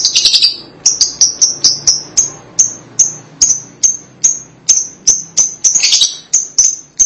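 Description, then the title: Lovebird chirps: clipped high chirps repeated in a long series, with brief buzzy chatter at the start and near the end. "BM Suara Burung Lovebird"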